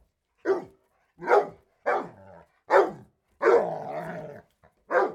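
Dog barking, several sharp barks at uneven intervals, with one longer, drawn-out rough bark partway through.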